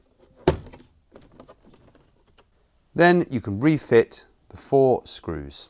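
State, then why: Seated. A plastic ice maker panel is refitted into the door of a Samsung fridge freezer as part of fixing error codes 39E and 39C: the left side is hooked in first, then the right side is pushed until it clicks into place with a loud, sharp thunk at 0.5 s, confirming it is seated. A few faint handling taps follow, and then someone talks.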